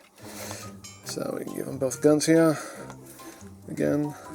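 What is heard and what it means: A second plastic toy gun is being handled and lined up to go into an action figure's hand slot while someone talks, with light clinking handling sounds and music in the background. The clip ends before the gun goes home; nothing has seated or clicked yet.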